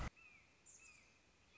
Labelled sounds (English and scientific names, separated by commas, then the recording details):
Red-shouldered Hawk (Buteo lineatus)
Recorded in Sonoma County, California